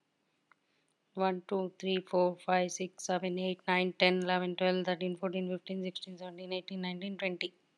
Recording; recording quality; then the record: counting at a fast pace; excellent, no background noise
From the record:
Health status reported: healthy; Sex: female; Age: 52 years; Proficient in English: yes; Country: India